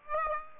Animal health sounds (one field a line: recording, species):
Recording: mosquito wingbeat signal from an infrared sensor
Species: Aedes aegypti